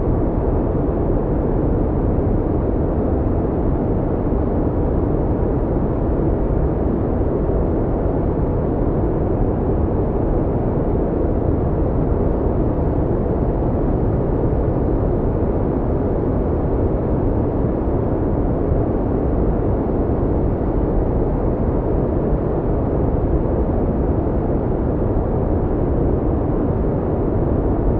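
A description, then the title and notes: Smoothed brown noise plays as a steady, unbroken rush, weighted heavily toward deep low tones with the highs rolled off. The level holds perfectly even for the whole stretch, with no events, gaps or background sounds, like a constant rumble. Brown noise - a deeper, rumbling tone unlike harsh white noise. Smoothly crafted brown noise. Smoothed Brown Noise.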